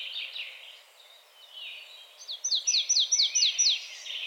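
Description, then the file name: Marsh tit giving a rapid series of several bright, downward-slurred notes, preceded by softer twittering. "Poecile palustris"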